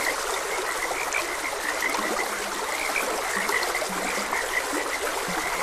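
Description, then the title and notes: Steady frog croaking with scattered lower croaks mixed in, backed by the constant sound of a flowing stream. Frogs croaking beside a gentle stream. "Gentle Stream and Frogs Croaking. Sleep and Relaxation Podcast"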